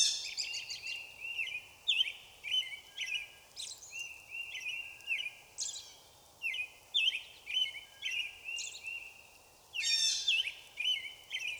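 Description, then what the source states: Blue Jay: harsh, nasal calls in quick, irregular series, with a faint steady hiss behind. Recorded 17 April 2016; blue jays, one of them a screamer.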